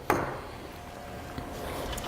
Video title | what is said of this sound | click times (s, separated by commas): IMCTV Call of Duty PC Build - Part 2 | is the hardest one to get to snap right in that was lucky | 0.1 s